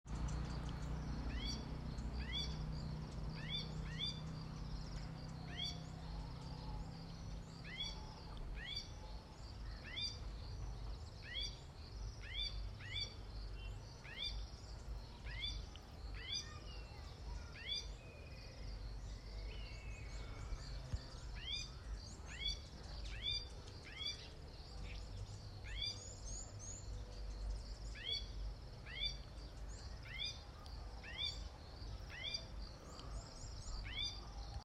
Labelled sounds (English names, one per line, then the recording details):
Willow Warbler
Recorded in northern Uganda